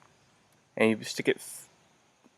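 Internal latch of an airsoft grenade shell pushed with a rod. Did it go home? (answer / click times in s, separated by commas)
no / none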